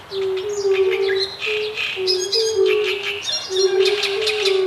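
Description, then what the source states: Great reed warbler song of rough, creaky chirps and chatters, with low toad calls repeated beneath it. With fire-bellied toads.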